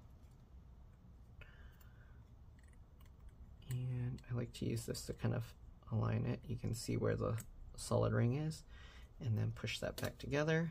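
A cooling fan part is lined up to go back into the fan housing of a Lenovo 6th Generation ThinkPad X1 Carbon laptop. Faint handling noise and a couple of small taps near 1.4 and 1.8 seconds lead into someone talking from about 3.7 seconds on. The fan parts are lined up using the solid ring before being pushed together, and nothing has seated or clicked yet.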